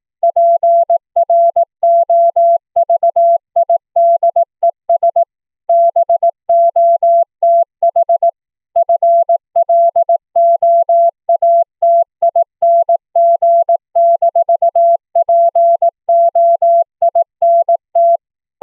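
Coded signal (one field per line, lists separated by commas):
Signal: Morse code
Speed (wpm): 18 wpm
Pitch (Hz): 680 Hz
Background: none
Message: PROVIDES BOTH FLOATING-POINT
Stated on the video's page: CW audio generated by FLdigi from a text file, sent between two Linphone clients over the internet using the BroadVoice BV16 codec.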